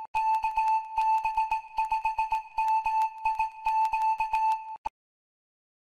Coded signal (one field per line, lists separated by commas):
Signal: Morse code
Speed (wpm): 19 wpm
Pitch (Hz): 880 Hz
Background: music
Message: KB5MIQ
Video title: Local school Ham club! Ft8, Js8call, digital modes, Ham radio cat cuts loose#hamradio #hfradio #ft8